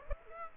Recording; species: mosquito wingbeat signal from an infrared sensor; Aedes aegypti